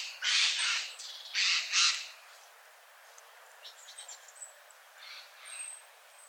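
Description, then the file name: Eurasian jay giving loud, harsh, rasping screeches in two bursts, then faint, quieter notes. "Garrulus glandarius"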